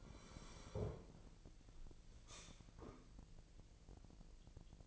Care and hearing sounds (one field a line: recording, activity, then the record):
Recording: daily activity, microphone in the room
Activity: sit down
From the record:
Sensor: 5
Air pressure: 1002.0 hPa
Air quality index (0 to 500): 246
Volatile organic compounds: 29 ppm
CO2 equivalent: 2944 ppm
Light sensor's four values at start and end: 43/103/43/47 and 43/104/43/47